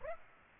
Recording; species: mosquito wingbeat signal from an infrared sensor; Aedes aegypti